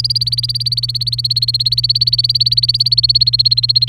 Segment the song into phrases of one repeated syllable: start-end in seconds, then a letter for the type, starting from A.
0.00-3.88 A